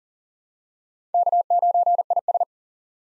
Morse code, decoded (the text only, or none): K9IS